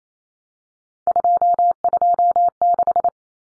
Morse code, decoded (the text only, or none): 226